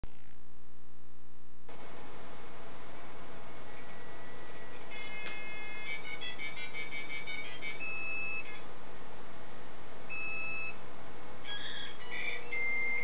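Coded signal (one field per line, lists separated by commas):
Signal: dial-up modem handshake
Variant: 56k modem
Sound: brief buzzy burst, then faint answer tones and warbling two-tone exchanges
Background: room hiss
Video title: Dial-Up Internet in 2022 with 56K modem & Windows 98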